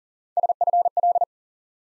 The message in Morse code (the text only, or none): SFL